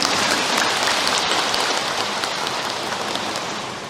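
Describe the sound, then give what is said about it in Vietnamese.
A crowd at a Buddhist dharma talk claps steadily for about four seconds, a dense, even wash of many hands with no voices, tapering off slightly toward the end, applauding attendees around seventy who still practice there. “Ai mà cỡ 70, 6 mấy, 70, 7 mấy còn tu tập ở đây là cho tràng pháo tay lớn đi nè.”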